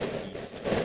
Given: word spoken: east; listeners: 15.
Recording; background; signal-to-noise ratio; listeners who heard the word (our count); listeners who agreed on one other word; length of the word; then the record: one English word in noise, from a listening test; noise modulated by three-talker babble; -7.5 dB; 2 of 15; 6 of 15; 0.45 s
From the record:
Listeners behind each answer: 6, 3, 2, 1, 1, 1, 1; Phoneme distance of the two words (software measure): 7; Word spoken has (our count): 1 syllable, 3 phonemes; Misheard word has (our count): 1 syllable, 2 phonemes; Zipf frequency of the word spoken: 5.19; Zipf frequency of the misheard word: 5.21